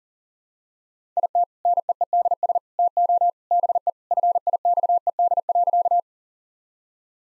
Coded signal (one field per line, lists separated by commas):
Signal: Morse code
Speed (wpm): 40 wpm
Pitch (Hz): 700 Hz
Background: none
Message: IT NEEDS TO BE FIXED.